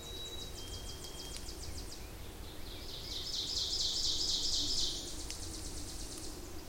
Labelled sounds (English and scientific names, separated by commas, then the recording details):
Ovenbird (Seiurus aurocapilla) song
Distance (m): 35 m
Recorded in boreal forest in Alberta, Canada, on 26 May 2016 at 07:26
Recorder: SongMeter 3, array SBT-3-15
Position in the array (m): 38 m, 234 m
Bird 20